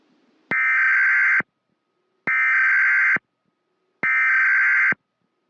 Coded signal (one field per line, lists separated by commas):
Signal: Emergency Alert System (SAME) tones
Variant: header bursts